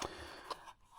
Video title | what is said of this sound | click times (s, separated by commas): Sig Sauer P320 M17 review | You hear that click? | 0.0 s